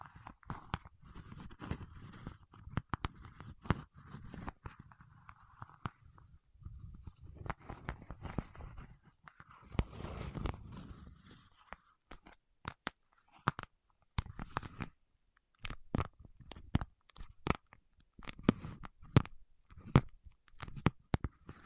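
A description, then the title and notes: Wax being rubbed and tapped with fingertips: sharp clicks and sticky snaps scattered throughout, growing sparser and crisper after about twelve seconds. Earlier stretches carry soft low rubbing and kneading, loudest around ten seconds, between the taps. ASMR with Wax Fingertips for Sleep (No Talking).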